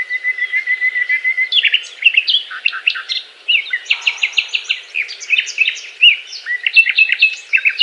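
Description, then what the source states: Nightingale singing, a run of repeated piping notes giving way to rapid varied chirps and a series of loud repeated notes. Song described as a love serenade.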